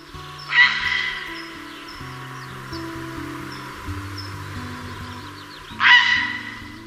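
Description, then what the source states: Grey Heron calls: two loud, harsh, rasping squawks about five seconds apart, with a low stepped musical tone running underneath throughout. Grey Herons in February, when they gather at communal nesting sites called heronries to lay eggs, chicks hatching in March and April; seen along rivers, lakes and garden ponds.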